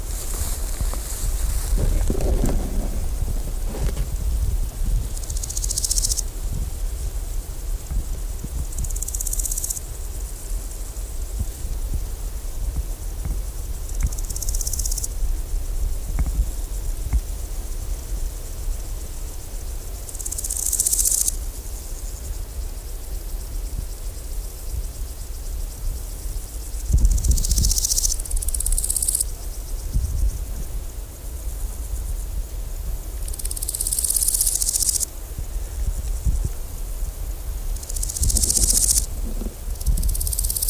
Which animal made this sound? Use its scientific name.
Chrysochraon dispar